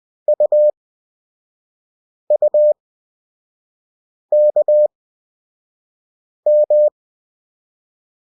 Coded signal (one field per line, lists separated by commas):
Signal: Morse code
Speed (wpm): 20 wpm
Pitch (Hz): 600 Hz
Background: none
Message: UUKM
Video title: Lesson 2. CW Practice 5WPM at 20WPM Character Speed. Morse Code for Beginners